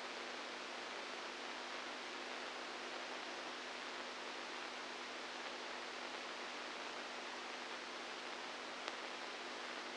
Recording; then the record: brain microelectrode recording played as sound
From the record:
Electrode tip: inside the subthalamic nucleus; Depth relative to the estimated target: -1 mm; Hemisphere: right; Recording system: NeuroSet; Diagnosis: Parkinson's disease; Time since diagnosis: 10 years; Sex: female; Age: 67 years